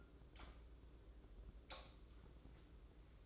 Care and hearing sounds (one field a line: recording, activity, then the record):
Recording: daily activity, microphone in the room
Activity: light on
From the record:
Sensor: 3